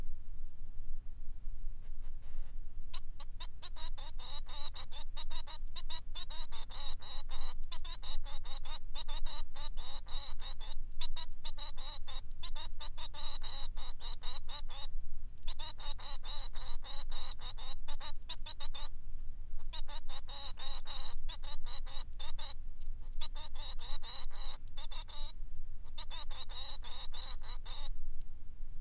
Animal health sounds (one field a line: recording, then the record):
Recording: song of a male Bengalese finch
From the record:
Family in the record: son of father 3